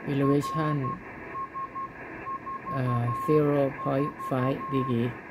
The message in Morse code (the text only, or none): RS44